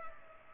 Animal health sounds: mosquito wingbeat signal from an infrared sensor; Culex pipiens

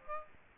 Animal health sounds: mosquito wingbeat signal from an infrared sensor; Aedes aegypti

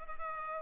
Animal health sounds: mosquito wingbeat signal from an infrared sensor; Culex pipiens

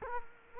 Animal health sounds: mosquito wingbeat signal from an infrared sensor; Culex quinquefasciatus

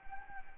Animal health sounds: mosquito wingbeat signal from an infrared sensor; Anopheles gambiae

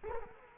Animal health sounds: mosquito wingbeat signal from an infrared sensor; Culex quinquefasciatus

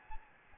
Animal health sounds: mosquito wingbeat signal from an infrared sensor; Aedes albopictus

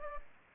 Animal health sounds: mosquito wingbeat signal from an infrared sensor; Aedes aegypti

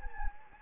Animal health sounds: mosquito wingbeat signal from an infrared sensor; Anopheles gambiae

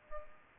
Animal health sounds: mosquito wingbeat signal from an infrared sensor; Culex pipiens

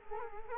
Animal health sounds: mosquito wingbeat signal from an infrared sensor; Culex quinquefasciatus

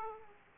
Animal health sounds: mosquito wingbeat signal from an infrared sensor; Aedes aegypti

